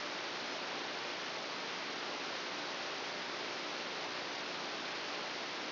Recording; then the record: brain microelectrode recording played as sound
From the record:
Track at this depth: inside the subthalamic nucleus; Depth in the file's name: 3.513 mm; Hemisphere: left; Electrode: 2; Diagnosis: Parkinson's disease